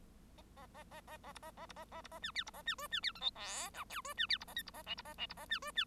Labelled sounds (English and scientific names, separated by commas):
Bengalese Finch (Lonchura striata domestica) song